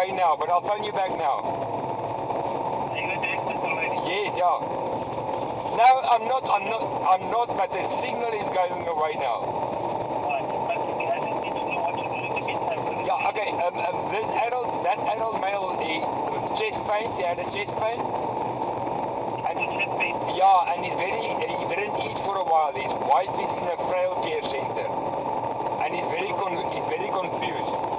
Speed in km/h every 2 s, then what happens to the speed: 109, 112, 114, 118, 122, 124, 125, 125, 125, 118, 116, 118, 120, 122.
0-12 speeds up to 125. 16-19 slows to 116. 19-28 steady at about 118.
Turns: none.